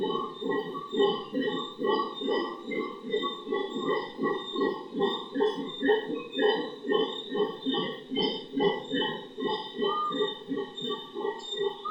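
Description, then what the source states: Howler monkey howls: a continuous pulsing roar, rough and low, with thin sustained tones hanging above. Several howler monkeys in the Otún Quimbaya Sanctuary, Risaralda, Colombia, recorded in 2011.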